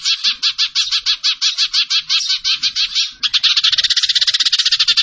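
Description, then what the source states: Bird song: evenly spaced buzzy notes that break into a much faster rattling trill partway through. Indonesian masteran (training) song of a bird singing energetically (gacor), tembakan style.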